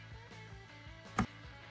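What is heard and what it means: The high beam headlight bulb of a 2017-2022 Honda CR-V is turned clockwise into the headlight housing over a steady tonal background. A single sharp click at 1.2 s marks it locking in place, and the bulb is fully seated and will not come out.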